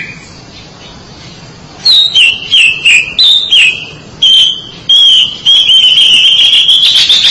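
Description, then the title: Oriental magpie-robin song: a brisk sequence of short whistled notes, then drawn-out level whistles ending in a long, slightly rising phrase. "Suara Kicauan Burung Kacer Durasi Panjang"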